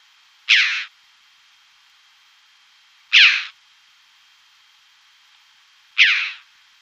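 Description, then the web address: Chough call, three loud harsh single notes spaced roughly three seconds apart, with quiet between them. "Schulze Peter Chough calls"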